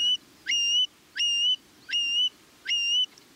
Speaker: In spring, the male long-billed curlew sings his bubbling song, stitching a zigzag across the sky.